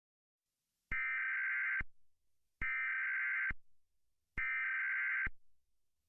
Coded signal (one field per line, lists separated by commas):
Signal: Emergency Alert System (SAME) tones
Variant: header bursts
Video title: EAS Scenario #6: The Halloween Entities (Chapter II)